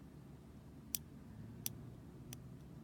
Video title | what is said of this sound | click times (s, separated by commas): Jump Rings On Charms | You can literally sometimes hear it click when you kind of butt up against it. | 1.0 s, 1.7 s, 2.3 s